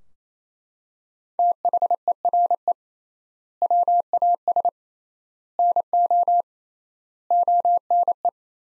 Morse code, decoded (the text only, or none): THERE WAS NO ONE